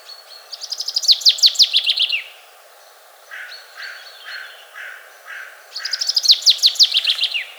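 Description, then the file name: Common chaffinch song: two bright, descending trilled phrases, with softer, lower repeated notes between them. "Fringilla coelebs"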